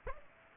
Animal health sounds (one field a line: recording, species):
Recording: mosquito wingbeat signal from an infrared sensor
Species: Aedes aegypti